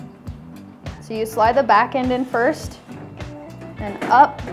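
A stainless steel baffle filter is slid back end first into a PLJW 120 under-cabinet range hood and lifted up while someone talks, with soft handling knocks at about 0.3, 0.9 and 3.2 seconds. The filter has not seated or clicked into place yet.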